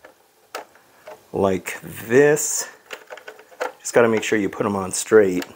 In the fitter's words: you'll see the metal connectors i'm sorry right here so these will just snap in